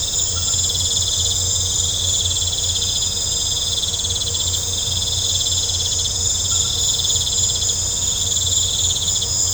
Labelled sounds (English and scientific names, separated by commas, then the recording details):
none
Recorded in pastures near Puerto Asís, Putumayo, Colombia, on 21 December 2024 at 19:00
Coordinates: 0.502, -76.324
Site G077